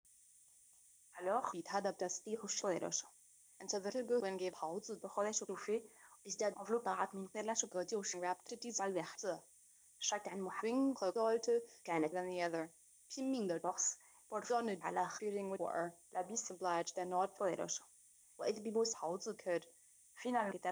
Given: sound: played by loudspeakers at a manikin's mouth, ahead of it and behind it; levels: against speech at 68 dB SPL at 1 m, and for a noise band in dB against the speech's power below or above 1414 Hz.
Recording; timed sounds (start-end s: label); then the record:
test signals for a remote microphone
1.11-20.72 s: speech test signal (ISTS)
From the record:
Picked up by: remote microphone D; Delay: 24 ms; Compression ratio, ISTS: 1.24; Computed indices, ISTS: SII 0.997, HASPI 0.990, HASQI 0.385 (non-linear 0.446, linear 0.863), ESTOI 0.888